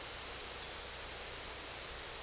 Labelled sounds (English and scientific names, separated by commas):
none